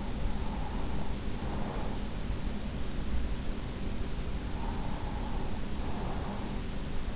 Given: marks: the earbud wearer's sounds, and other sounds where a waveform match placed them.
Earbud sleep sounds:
sounds in sleep by an in-ear microphone; breath
0.30-2.25 s: breath
4.28-7.16 s: breath

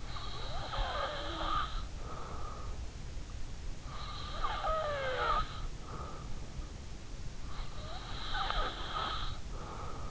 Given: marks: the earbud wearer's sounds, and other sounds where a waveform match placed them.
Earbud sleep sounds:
sounds in sleep by an in-ear microphone; breath
0.00-2.91 s: breath
3.60-6.11 s: breath
7.37-10.11 s: breath

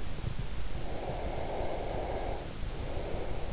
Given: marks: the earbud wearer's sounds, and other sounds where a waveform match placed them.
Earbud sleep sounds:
sounds in sleep by an in-ear microphone; breath
0.79-3.48 s: breath

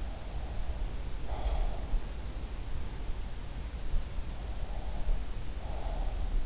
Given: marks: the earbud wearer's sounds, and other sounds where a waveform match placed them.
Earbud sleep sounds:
sounds in sleep by an in-ear microphone; breath
0.00-2.01 s: breath
4.30-6.23 s: breath

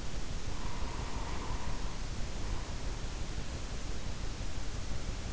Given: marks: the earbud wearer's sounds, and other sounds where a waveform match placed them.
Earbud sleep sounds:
sounds in sleep by an in-ear microphone; breath
0.59-3.44 s: breath

